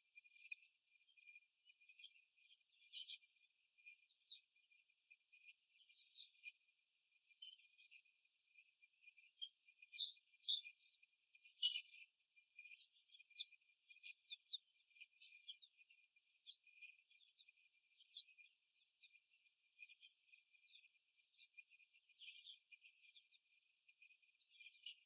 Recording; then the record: young laying hens in a cage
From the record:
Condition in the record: after the stressor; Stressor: simulated dog barking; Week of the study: 1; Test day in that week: 2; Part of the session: 1